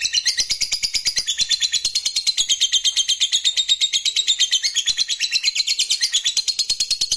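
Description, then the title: Lovebird song, a nonstop rapid stream of high, buzzy chattering notes, shrill and even throughout. Fighter-type lovebird singing energetically, described as gacor. "SUARA Lovebird FIGHTER GACOR"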